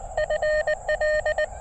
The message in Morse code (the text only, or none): FL